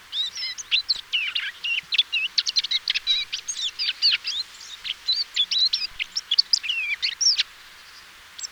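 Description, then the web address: Eurasian blackcap song: quick scratchy notes mixed with clearer whistles, a steady energetic warble that stops near the end. "SETE data Sylvia atricapilla"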